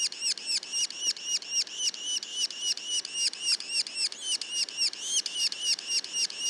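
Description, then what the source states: Yellow-bellied sapsucker calls, a steady rapid series of high rasping arched notes, roughly four per second. Juveniles, recorded in Mont-Orford National Park, Quebec.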